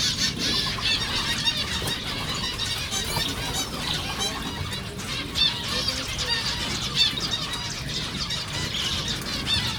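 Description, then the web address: Zebra finches chattering: constant overlapping nasal beeps and buzzy notes from a flock, steady throughout, with low background noise. Captive birds at a zoo in Jászberény, recorded in 2015. "jaszberenyizoo 2015 professzionalis zebrapinty"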